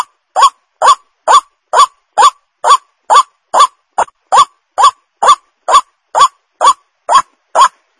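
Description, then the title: White-breasted waterhen giving loud grating croaks in an even series, roughly two notes per second, against silence. Lure call used to attract the bird; the bird is known locally as ruak-ruak. "Suara Ruak Ruak"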